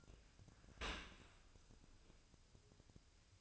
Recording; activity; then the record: daily activity, microphone in the room; open dishwasher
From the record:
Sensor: 2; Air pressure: 1002.9 hPa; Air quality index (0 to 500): 200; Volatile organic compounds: 6 ppm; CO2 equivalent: 1895 ppm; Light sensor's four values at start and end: 22/52/23/25 and 22/53/23/26